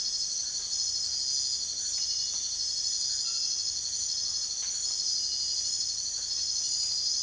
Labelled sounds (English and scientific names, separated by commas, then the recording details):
none
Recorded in dense forest near Puerto Asís, Putumayo, Colombia, on 18 February 2024 at 04:30
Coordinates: 0.496, -76.326
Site G6383